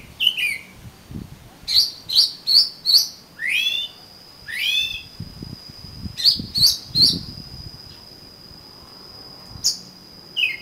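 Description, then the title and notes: Oriental magpie-robin song, repeated sharp whistled notes and slurred phrases in groups, with a sustained high tone and faint low knocking sounds. "suara kacer. kumpulan suara burung kacer"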